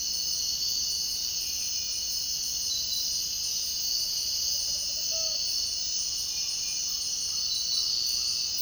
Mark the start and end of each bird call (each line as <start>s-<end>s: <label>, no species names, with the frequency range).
4.41s-5.43s: bird call (0.3-1.0 kHz)